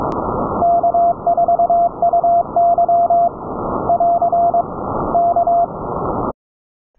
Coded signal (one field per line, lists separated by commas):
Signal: Morse code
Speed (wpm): 22 wpm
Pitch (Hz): 690 Hz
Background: none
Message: K4UY <AR> K